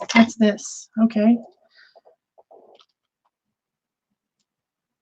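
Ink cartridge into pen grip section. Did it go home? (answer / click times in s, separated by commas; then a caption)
no / none. An ink cartridge is handled and its opening lined up with a pen grip section before being pushed home. Someone talks, then faint, small handling sounds follow around 2.1 to 3.3 seconds. Nothing has seated or clicked yet.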